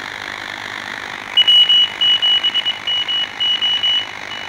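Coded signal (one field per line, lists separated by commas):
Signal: Morse code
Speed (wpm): 21 wpm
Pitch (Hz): 2950 Hz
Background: none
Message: W7MO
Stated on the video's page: Morse code received with a direct-conversion (DC) radio.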